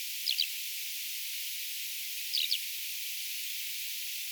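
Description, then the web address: Eurasian skylark: two short chirruping calls about two seconds apart against steady hiss. Skylarks suddenly appeared; recorded 27 September 2025. "paivat 27 9 2025 kiuruja on yhtakkia myos ilmestynyt"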